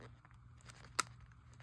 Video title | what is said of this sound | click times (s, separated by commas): Skyrizi On Body Device | you hear a little click | 1.0 s